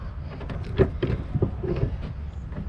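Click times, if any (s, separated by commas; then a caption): 0.5 s, 1.0 s, 1.4 s. The spare wheel carrier winch bolt under a 2025 Tata Punch/Nexon i-CNG car is turned clockwise with the jack rod, raising the spare tyre. The winch's built-in clutch gives three sharp clicks at 0.5, 1.0 and 1.4 seconds. The clicks show the spare wheel is raised and tightened to the correct setting.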